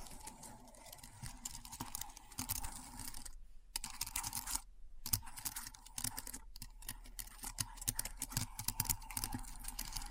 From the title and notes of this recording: ASMR Keyboard Sounds (No Talking).